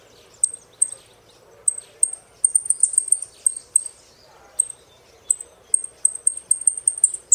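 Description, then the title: Saffron finch singing a run of sharp, high chips that come in quicker series with brief pauses between. "Jilguero Argentino"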